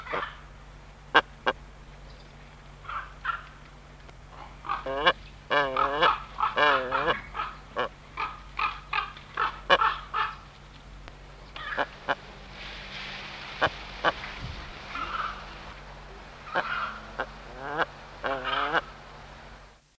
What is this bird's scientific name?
Neochen jubata